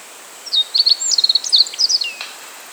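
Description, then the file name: Meadow bunting singing one rapid, high-pitched phrase of clipped notes and quick trills that finishes with a falling slurred note. "Emberiza cioides"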